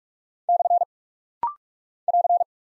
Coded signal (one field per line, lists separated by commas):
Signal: Morse code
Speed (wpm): 46 wpm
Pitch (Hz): 700 Hz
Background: none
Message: / <AR>